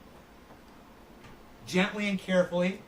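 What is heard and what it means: A new power supply cable is lined up gently at its socket on the far left of the board, before it is pushed home. There is only quiet handling noise for the first 1.6 seconds, then someone talks from about 1.7 seconds to the end. The cable has not seated or clicked yet.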